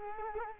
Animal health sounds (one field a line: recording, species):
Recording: mosquito wingbeat signal from an infrared sensor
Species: Culex quinquefasciatus